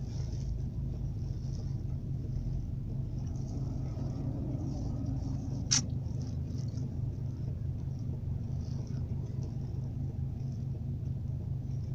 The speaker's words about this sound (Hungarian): Milyen sok autó van.